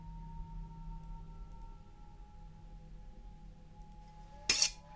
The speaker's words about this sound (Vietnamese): Không có gì ngoài tiếng mài dao xoèn xoẹt đến rợn người của Huyên.